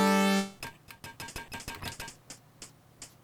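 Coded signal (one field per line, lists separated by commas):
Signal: none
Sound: game music notes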